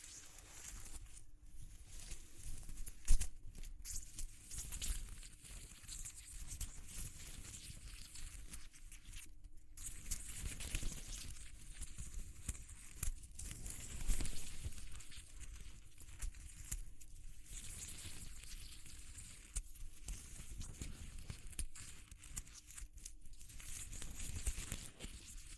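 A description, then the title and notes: Soft textured scratching and rubbing sounds continue throughout, crisp and bright, with light tapping and patter mixed in. Brief louder scrapes stand out around 3, 9 and 14 seconds, while a faint low steady hum runs underneath. ASMR Exploring Textures (No Talking).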